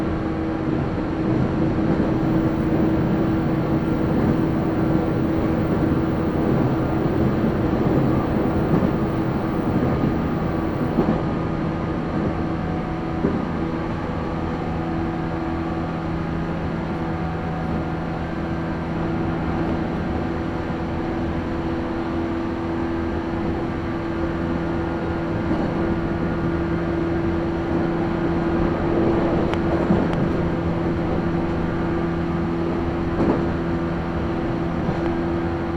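A ride aboard a train on the Kagoshima and Chikuho lines, heading into Orio. A steady, dense rumble runs throughout with a constant low drone, joined by a second lower hum from about 11 seconds. Brief brighter rattles stand out around 29 to 33 seconds.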